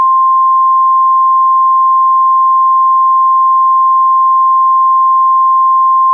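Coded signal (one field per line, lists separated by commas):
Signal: Emergency Alert System (SAME) tones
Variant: 1050 Hz attention tone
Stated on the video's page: Invasion EAS scenario, a fictional simulated alert.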